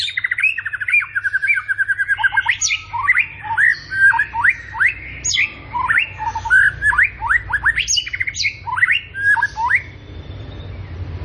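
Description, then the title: White-rumped shama song: rapid series of varied whistled phrases with many sharp rising flicks, for about ten seconds, then only a low background hum. Morning song used as a lure to prompt captive white-rumped shamas into active singing; described as rich fill-in song ('isian mewah'). "PANCINGAN MURAI BATU. PAGI HARI! MURAI BATU GACOR"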